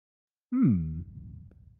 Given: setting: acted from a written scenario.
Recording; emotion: vocal sound without words; amusement